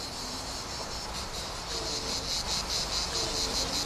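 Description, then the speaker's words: Cicada song: a high, hissy buzz pulsing rhythmically over a steady broad hiss. Cicadas heard in the background during a conversation; their rhythm likened to jazz. "Moi, j'entends surtout les cigales."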